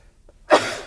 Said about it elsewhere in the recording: Is that the first sneeze ever on the You'll Hear podcast?